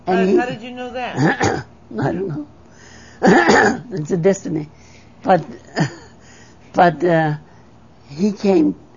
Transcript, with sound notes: And he...
How did you know that?
I don't know. (she clears her throat) It's a destiny. But, but, ah, he came,